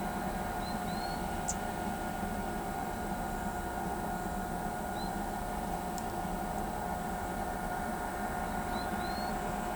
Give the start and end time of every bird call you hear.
0.61s-1.19s: Trinidad Euphonia (3.5-4.9 kHz)
1.46s-1.54s: Blue-black Grassquit (4.3-9.4 kHz)
4.95s-5.11s: Trinidad Euphonia (3.5-4.3 kHz)
8.72s-9.30s: Trinidad Euphonia (3.5-4.8 kHz)

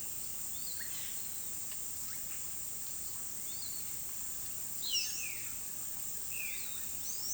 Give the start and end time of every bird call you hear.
0.29s-0.93s: Piratic Flycatcher (3.1-5.3 kHz)
3.41s-3.84s: Piratic Flycatcher (3.1-5.2 kHz)
4.67s-7.33s: unidentified bird (3.6-7.6 kHz)
4.70s-6.89s: Violaceous Jay (1.6-4.2 kHz)
6.35s-6.84s: Piratic Flycatcher (3.1-4.9 kHz)

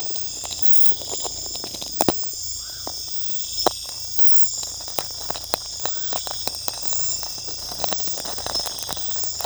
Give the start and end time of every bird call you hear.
2.55s-2.86s: Channel-billed Toucan (0.9-2.0 kHz)
5.88s-6.14s: Channel-billed Toucan (0.9-2.0 kHz)

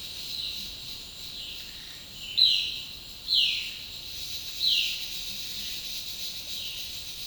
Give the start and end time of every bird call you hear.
2.27s-4.95s: Violaceous Jay (1.7-12.3 kHz)

